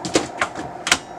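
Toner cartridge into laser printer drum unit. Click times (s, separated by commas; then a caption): 0.9 s. A new toner cartridge is pushed into a fresh plastic drum unit for a Brother MFC-L5900dw laser printer. A few light plastic knocks and scrapes come at about 0.1, 0.2 and 0.4 s, then a short slide leads into a sharp click at 0.9 s as the cartridge locks into place. The toner cartridge is seated in the drum unit.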